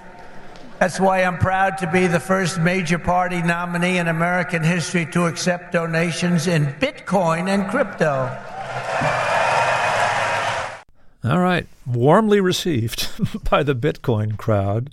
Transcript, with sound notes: That's why I'm proud to be the first major party nominee in American history to accept donations in bitcoin and crypto.
(CHEERING)
All right. Warmly received by the bitcoin crowd.